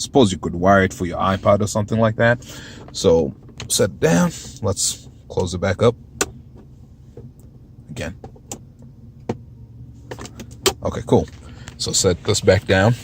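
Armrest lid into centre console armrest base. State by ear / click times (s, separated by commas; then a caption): seated / 6.2 s. Someone talks while closing the hinged upper lid of the centre armrest compartment in an Infiniti Q45 down onto the armrest base. A sharp impact sounds at 6.2 s as the lid meets the base and latches shut, followed by a few quieter clicks before the talking resumes.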